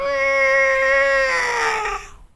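Cat meowing, one long drawn-out wail holding a steady pitch, then sliding downward and breaking up as it fades.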